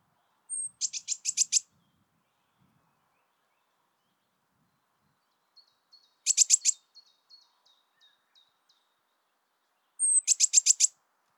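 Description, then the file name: Eurasian blue tit gives three dry buzzy churrs, the first and last each preceded by a thin high note, with faint ticks between. "Cyanistes caeruleus"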